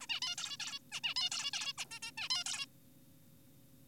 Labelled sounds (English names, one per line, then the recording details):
Zebra Finch
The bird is an adult
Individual g4p5U